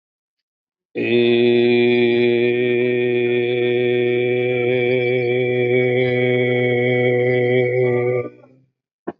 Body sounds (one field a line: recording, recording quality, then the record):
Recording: sustained vowel as in made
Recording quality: excellent, no background noise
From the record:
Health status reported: healthy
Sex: male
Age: 41 years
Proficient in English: yes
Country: India